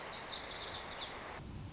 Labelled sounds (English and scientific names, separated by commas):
Lazuli Bunting (Passerina amoena)